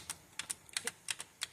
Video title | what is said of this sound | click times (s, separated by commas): Servicing a 1980 Pioneer CT-F1250 Cassette deck. Reel table stalling. P5/5 FINAL | and make sure you hear a nice snap from all the buttons. | 0.4 s, 0.5 s, 0.8 s, 0.9 s, 1.1 s, 1.4 s